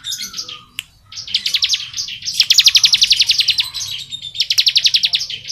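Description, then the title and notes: Bar-winged prinia song, a long run of sharp, rapidly pulsed high notes that swells, dips, then returns in a final buzzy burst. Ngebren-style song, used as masteran training audio for Oriental magpie-robins. "Ciblek Ngebren Untuk Masteran Murai Batu. Suara burung ciblek - Suara Nada"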